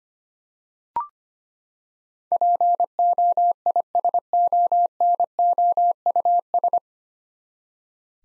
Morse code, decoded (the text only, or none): POISONOUS